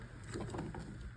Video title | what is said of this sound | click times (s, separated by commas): Vídeo de Treinamento Compressores Torácicos | Pronto, encaixou no lugar, viu que tá circular aqui, ó? | 0.8 s